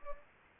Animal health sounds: mosquito wingbeat signal from an infrared sensor; Anopheles gambiae

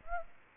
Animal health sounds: mosquito wingbeat signal from an infrared sensor; Aedes aegypti

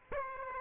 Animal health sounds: mosquito wingbeat signal from an infrared sensor; Aedes aegypti

